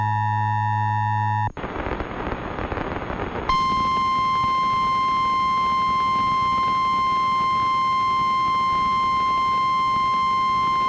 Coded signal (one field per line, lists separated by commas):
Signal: Emergency Alert System (SAME) tones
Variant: 853 and 960 Hz attention tone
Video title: (EAS #51) (WHBR-FM) Flood Warning For Washington OH (1/29/2024)